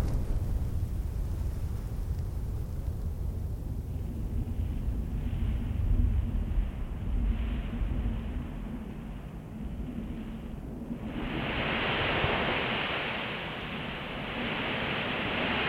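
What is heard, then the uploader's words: A desert soundscape dominated by a heavy, steady low rumble, like wind buffeting the microphone or an engine, with a faint constant hum above it. A soft hiss rises around four seconds, then swells sharply at eleven seconds into a louder rushing wash. African Desert is a collection of soundscapes recorded in the Namib desert.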